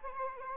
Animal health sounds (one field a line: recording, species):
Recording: mosquito wingbeat signal from an infrared sensor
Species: Anopheles arabiensis